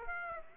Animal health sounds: mosquito wingbeat signal from an infrared sensor; Aedes aegypti

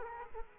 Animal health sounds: mosquito wingbeat signal from an infrared sensor; Aedes aegypti

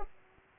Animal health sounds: mosquito wingbeat signal from an infrared sensor; Culex pipiens

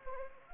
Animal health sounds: mosquito wingbeat signal from an infrared sensor; Anopheles arabiensis

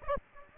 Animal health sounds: mosquito wingbeat signal from an infrared sensor; Aedes aegypti

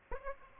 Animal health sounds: mosquito wingbeat signal from an infrared sensor; Aedes aegypti

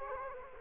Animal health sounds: mosquito wingbeat signal from an infrared sensor; Culex quinquefasciatus

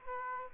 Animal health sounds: mosquito wingbeat signal from an infrared sensor; Aedes aegypti

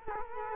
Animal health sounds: mosquito wingbeat signal from an infrared sensor; Culex quinquefasciatus

